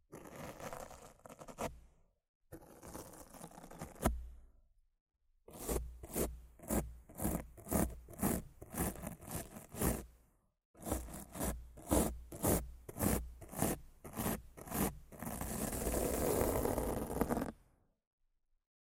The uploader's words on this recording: ASMR Rough Mic Scratching & Brushing (No Talking).